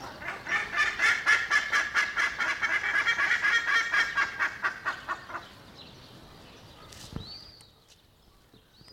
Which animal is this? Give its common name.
Buff-necked Ibis